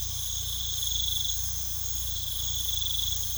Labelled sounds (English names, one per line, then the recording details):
none
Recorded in pastures near Puerto Asís, Putumayo, Colombia, on 18 December 2024 at 22:00
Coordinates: 0.486, -76.323
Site GP01